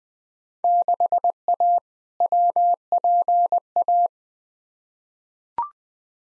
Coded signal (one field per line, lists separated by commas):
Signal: Morse code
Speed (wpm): 21 wpm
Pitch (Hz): 700 Hz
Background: none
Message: 6A WPA